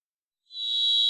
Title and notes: Varied Thrush, clean. Varied Thrush, Ixoreus naevius, song. Recorded in the beautiful Pacific Northwest, Washington, United States